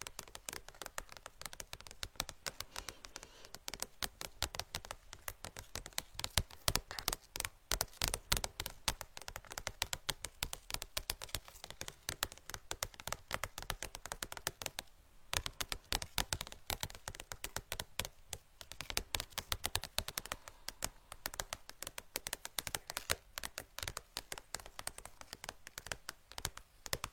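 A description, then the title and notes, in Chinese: Brain tapping: quick, crisp taps and clicks fall in a dense, uneven stream for the whole 27 seconds, sounding much like rapid typing. The hits are sharp and bright, with a few louder cracks scattered throughout and a brief thinning near 15 seconds. 敲击大脑/指尖刺痛（声控助眠）。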